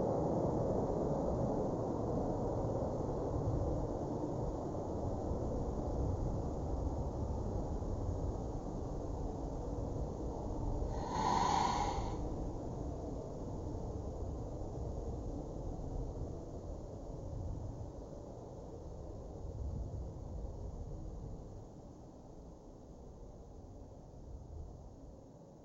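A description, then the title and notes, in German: A car drives through a tunnel, a steady, dense low roar filling the whole recording and easing slightly toward the end. Around the eleventh second a short, clear tone rings out, like a brief horn or chime with bright overtones, then fades back into the rumble. Mental Escape Pod - Auto im Tunnel nach Laterns.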